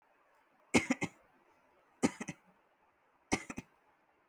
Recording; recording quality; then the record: shallow voluntary cough; excellent, no background noise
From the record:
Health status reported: healthy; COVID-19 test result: not tested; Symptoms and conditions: none ticked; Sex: male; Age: 20 years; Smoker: not ticked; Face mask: not worn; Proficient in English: yes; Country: India